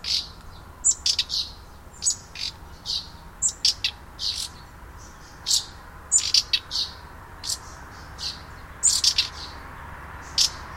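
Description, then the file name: Common nightingale calling with loud, short, varied chirps and sharp clicky notes in irregular bursts, separated by brief pauses, over a faint low hum. "Luscinia megarhynchos"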